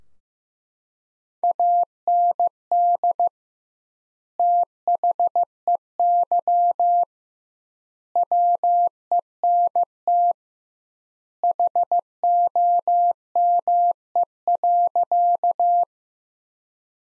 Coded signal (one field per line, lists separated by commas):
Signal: Morse code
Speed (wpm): 16 wpm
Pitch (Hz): 700 Hz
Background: none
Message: AND THEY WENT HOME.